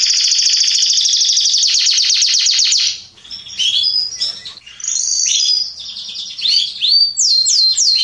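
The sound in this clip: Canary singing a fast rolling trill, then varied chirps, short whistles and quick downward-sweeping notes in a lively, broken sequence.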